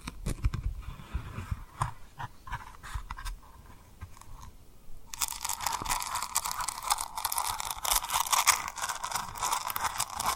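Close-up tapping on a rhinestone-covered surface, with scattered sharp clicks and soft low bumps over the first five seconds. Around the midpoint, a dense, bright, scratchy rubbing takes over and continues steadily to the end, crackling like crinkled material in a small quiet room.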